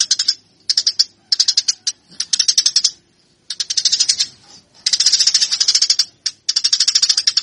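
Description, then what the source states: Eurasian tree sparrow song: fast, buzzy, high-pitched chirps in irregular bursts with brief gaps between them. Used for fighting (tarung) training; local name burung gereja.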